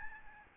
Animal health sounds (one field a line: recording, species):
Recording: mosquito wingbeat signal from an infrared sensor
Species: Aedes albopictus